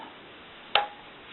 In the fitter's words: There we go. Locks in place. And there it is.